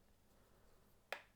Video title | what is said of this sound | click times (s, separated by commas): Replacing the battery of an iPhone 6S | and should all snap into place perfectly okay i think just jack on every side yep | 1.1 s